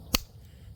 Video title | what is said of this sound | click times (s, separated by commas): But does it fit? | there you go heard the snap now watch this | 0.1 s